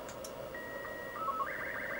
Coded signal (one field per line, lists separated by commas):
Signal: SSTV (slow-scan television)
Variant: Robot 36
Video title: FT-991A SSTV